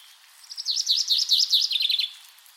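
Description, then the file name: Common chaffinch delivering a single song phrase of quick repeated notes. "Fringilla coelebs"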